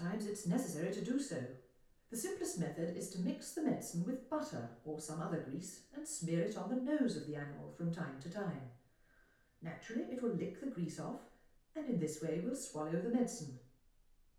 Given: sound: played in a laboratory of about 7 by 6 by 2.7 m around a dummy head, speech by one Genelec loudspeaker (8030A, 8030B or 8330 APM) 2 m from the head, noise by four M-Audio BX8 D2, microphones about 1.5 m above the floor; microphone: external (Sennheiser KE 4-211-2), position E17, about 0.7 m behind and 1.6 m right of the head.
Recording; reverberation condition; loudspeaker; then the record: female speech in English; medium; 30 degrees to the left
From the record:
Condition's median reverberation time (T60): about 510 ms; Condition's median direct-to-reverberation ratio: about -0.5 dB